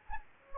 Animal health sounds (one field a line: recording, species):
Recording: mosquito wingbeat signal from an infrared sensor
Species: Anopheles gambiae